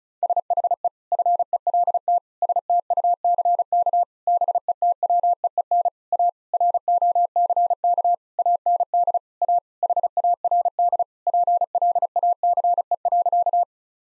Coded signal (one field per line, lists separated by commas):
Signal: Morse code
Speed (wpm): 34 wpm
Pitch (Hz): 700 Hz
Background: none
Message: SHE FELT STUCK BETWEEN A ROCK AND A HARD PLACE.